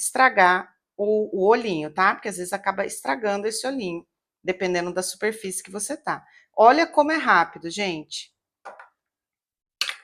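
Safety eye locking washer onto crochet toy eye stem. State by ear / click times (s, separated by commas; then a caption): seated / 9.8 s. The plastic locking washer of an amigurumi safety eye is pressed onto the eye's stem with an applicator tool while resting on a rubber mouse pad. Someone talks for most of the clip, then a few faint taps are followed by a sharp click at 9.8 s as the washer locks onto the stem, seating it so it will not come off.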